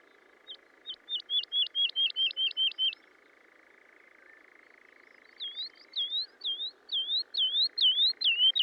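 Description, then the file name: Woodlark song: a run of quick, repeated, slurred whistled notes, a pause, then a slower series of looping liquid notes, over a steady faint hum. "British Library - ZHavoronok Lesnoj (Zvyki com)"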